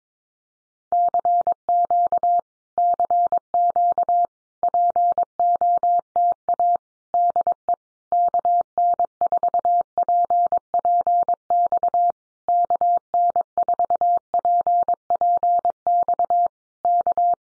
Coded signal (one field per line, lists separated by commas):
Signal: Morse code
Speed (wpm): 22 wpm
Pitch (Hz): 700 Hz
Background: none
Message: CQ CQ POTA DE KN4PPX KN4PPX K